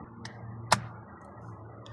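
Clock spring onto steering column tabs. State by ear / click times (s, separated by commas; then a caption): seated / 0.7 s. A clock spring on the steering column of a VW Golf/Jetta Mk5, during a cruise control switch upgrade, is pressed onto its plastic tabs until it clips. A sharp click at 0.7 s stands out over a low steady hum, with fainter ticks around it. The clock spring is confirmed fully seated.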